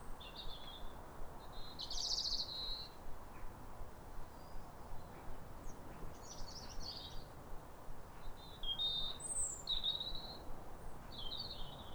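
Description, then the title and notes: High, sweet robin phrases come at intervals, each a brief tumble of thin whistles and trills, with gentle low ambient noise underneath. Pair of robins in neighbouring gardens singing as a duet at a clear, calm, rosy sunrise around New Year, midwinter, after weeks of rain. "Sound Escape 150: Be uplifted by a chorus of New Year's robins. A pair of robins in neighbouring gardens welcome the early sun with wistful phrases as if chatting over the fence. BBC Countryfile Magazine. Recorded by Fergus Collins"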